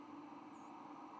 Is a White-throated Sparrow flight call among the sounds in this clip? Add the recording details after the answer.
yes. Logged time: 04:26 on 10 November 2014